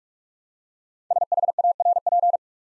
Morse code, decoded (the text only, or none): SHARP